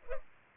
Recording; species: mosquito wingbeat signal from an infrared sensor; Culex pipiens